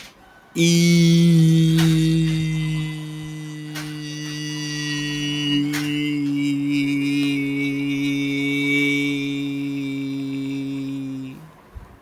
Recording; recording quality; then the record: sustained vowel as in beet; excellent, no background noise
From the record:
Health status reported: healthy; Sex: male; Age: 19 years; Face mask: not worn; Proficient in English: yes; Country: India